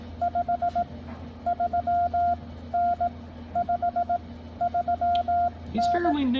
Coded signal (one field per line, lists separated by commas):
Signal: Morse code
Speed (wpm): 17 wpm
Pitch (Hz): 700 Hz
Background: speech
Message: 53N 53N